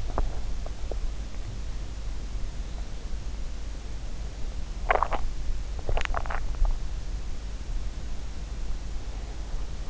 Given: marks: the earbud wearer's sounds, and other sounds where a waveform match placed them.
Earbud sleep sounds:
sounds in sleep by an in-ear microphone; teeth grinding, swallowing
0.00-1.30 s: teeth grinding
4.71-5.36 s: swallowing
5.81-6.78 s: teeth grinding

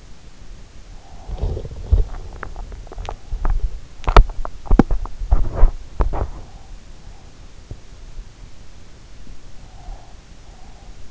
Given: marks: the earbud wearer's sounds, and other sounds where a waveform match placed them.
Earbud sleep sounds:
sounds in sleep by an in-ear microphone; body movement, teeth grinding, breath
0.00-7.56 s: body movement
1.89-3.81 s: teeth grinding
9.37-11.11 s: breath

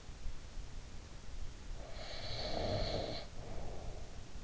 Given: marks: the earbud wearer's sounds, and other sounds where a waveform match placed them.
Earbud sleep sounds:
sounds in sleep by an in-ear microphone; breath
1.56-4.39 s: breath

